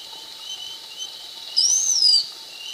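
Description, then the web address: Slaty-backed chat-tyrant giving a single thin, high whistle that rises slightly then slides downward, lasting about half a second, over a steady faint hiss. Recorded in Ecuador. "Birds of Ecuador. Slaty-backed Chat-Tyrant"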